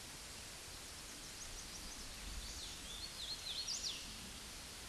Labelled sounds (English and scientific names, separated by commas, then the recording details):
Hooded Warbler (Setophaga citrina) song
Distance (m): 40 m
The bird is about level with the microphone
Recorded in a Pennsylvania forest on 16 May 2024 at 09:57
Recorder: AudioMoth, point MSD-0079
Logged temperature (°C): 16.1 °C
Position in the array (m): 151 m, 123 m